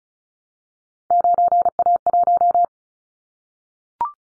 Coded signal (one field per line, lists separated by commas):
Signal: Morse code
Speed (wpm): 34 wpm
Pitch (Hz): 700 Hz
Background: none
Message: 9A1